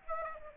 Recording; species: mosquito wingbeat signal from an infrared sensor; Aedes albopictus